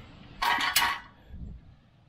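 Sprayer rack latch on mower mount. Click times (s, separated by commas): 0.4 s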